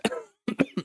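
Four short, harsh cough bursts from an adult man: a single cough, a brief pause, then a quick run of three. The coughs sound loose and throaty, from a horrible chest infection of about the past week.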